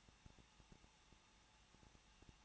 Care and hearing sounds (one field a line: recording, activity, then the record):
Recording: daily activity, microphone in the room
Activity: no activity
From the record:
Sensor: 1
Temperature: 20.1 degrees Celsius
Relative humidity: 39.1%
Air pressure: 1006.4 hPa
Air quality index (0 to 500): 217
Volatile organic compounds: 75 ppm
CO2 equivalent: 3563 ppm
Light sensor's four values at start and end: 1/2/1/1 and 1/2/1/1